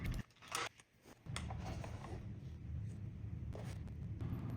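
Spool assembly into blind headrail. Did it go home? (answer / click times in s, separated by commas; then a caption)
yes / 1.4 s. A new spool (clutch) assembly for a Hunter Douglas honeycomb cellular blind is pushed into its seat in the headrail. After a few light ticks and scrapes, a sharp, loud click sounds at 1.4 s, followed by softer handling noise over a steady low hum. The spool assembly seats in place.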